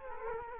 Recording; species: mosquito wingbeat signal from an infrared sensor; Culex quinquefasciatus